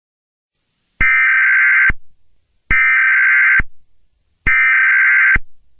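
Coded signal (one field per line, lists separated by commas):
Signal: Emergency Alert System (SAME) tones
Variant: header bursts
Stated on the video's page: Fictional EAS scenario, not a real alert.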